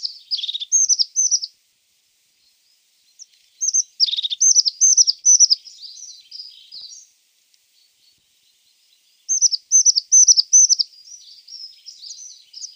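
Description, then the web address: Crested tit giving rapid high chattering phrases of short, slurred notes in three bursts, with quiet gaps between. "Schulze Peter Crested Tit song"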